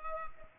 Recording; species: mosquito wingbeat signal from an infrared sensor; Culex pipiens